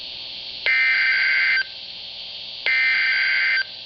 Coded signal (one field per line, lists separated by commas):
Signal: Emergency Alert System (SAME) tones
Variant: header bursts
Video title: Emergency Alert System (continued) - LIAMS RANDOM INTROSPECTIVES